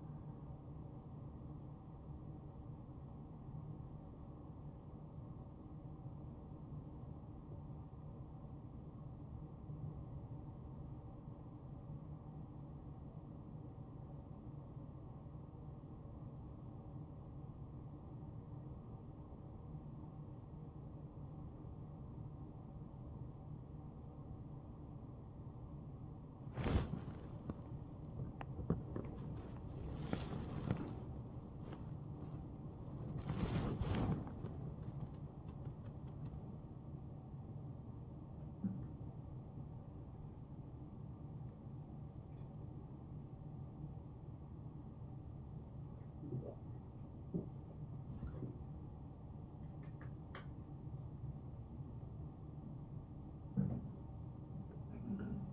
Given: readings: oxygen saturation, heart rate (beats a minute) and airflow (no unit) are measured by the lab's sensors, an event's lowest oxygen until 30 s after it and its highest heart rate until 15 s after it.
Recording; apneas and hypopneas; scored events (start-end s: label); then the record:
a person awake in a sleep study, by a smartphone at the bedside; none
0.00-55.53 s: awake
From the record:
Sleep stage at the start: awake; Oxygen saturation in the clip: 88 to 95%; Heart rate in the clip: 68 to 84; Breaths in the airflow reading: 11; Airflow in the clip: -5.5 to 7.8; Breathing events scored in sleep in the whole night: 263 in 5.5 hours asleep